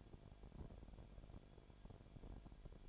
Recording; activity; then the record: daily activity, microphone in the room; no activity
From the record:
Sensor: 5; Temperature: 19.8 degrees Celsius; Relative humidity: 35.7%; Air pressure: 1003.4 hPa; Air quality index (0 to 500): 57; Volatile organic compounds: 1 ppm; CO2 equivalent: 636 ppm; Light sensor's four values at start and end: 2/3/1/1 and 2/3/1/1